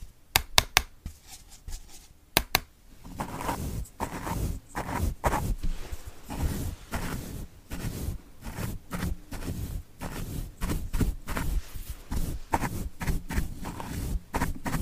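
ASMR tapping opens with a few sharp, bright taps in the first three seconds. From about the three-second mark a denser, softer run of low, muffled taps and rustles takes over. It continues unevenly to the end, with occasional crisper clicks.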